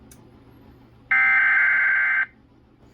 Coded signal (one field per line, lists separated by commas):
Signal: Emergency Alert System (SAME) tones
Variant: header bursts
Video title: EAS 698-699 - LWX SMW and Relay